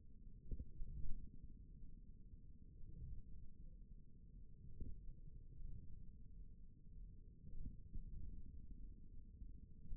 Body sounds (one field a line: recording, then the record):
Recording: forearm muscle sounds (acoustic myography)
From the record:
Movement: ulnar deviation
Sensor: system 1, eight BSWA MPA416 microphones around the upper forearm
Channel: 1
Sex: male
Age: 41 years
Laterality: right